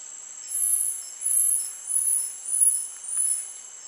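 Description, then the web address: Snethlage's marmoset giving high, thin whistled calls, five short notes spaced about two-thirds of a second apart, over a steady high-pitched insect drone. Primate of the South American rainforest. "Natures Songs S America Primates of the Rainforest Snethlage's marmoset"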